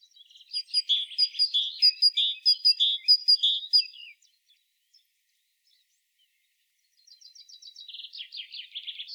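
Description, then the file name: Great tit calls, a run of chattering scolding notes for about four seconds, then quiet, then a buzzy churring series that grows louder near the end. "Parus major"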